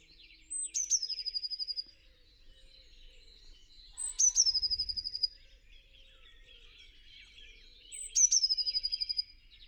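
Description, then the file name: Eurasian blue tit repeating a phrase three times about every four seconds: thin high introductory notes, then a rapid bright trill, with quiet twitters in between. "Cyanistes caeruleus"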